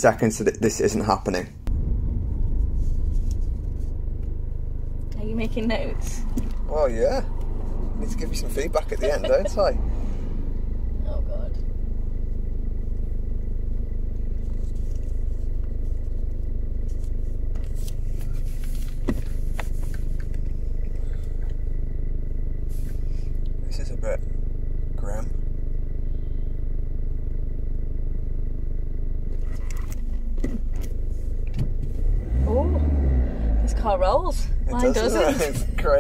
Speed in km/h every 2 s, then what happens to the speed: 8, 0, 0, 0, 0, 0, 0, 0, 0, 0, 0, 0, 0, 0, 0, 2, 5, 6.
0-2 brakes to 0. 2-30 standing.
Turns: none.